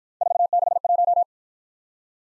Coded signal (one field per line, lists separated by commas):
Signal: Morse code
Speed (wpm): 53 wpm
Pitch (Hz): 700 Hz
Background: none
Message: 461